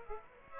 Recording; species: mosquito wingbeat signal from an infrared sensor; Aedes aegypti